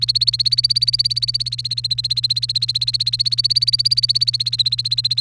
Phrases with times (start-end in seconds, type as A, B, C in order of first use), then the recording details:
0.00-5.20 A. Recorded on 1 May 2018 at 15:10. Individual llb3